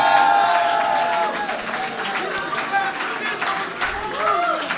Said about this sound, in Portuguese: Uma salva de palmas.